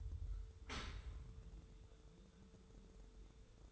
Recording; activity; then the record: daily activity, microphone in the room; open dishwasher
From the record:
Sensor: 3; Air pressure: 1014.9 hPa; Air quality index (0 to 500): 29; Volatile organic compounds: 1 ppm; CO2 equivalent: 526 ppm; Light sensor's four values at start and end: 11/26/11/10 and 11/26/11/10